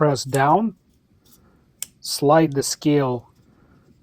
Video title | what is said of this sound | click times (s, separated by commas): Hawk Talon Guide: Disassembly, Function, Reassembly | listen for the click, test the spring tension by moving the scale. | 1.8 s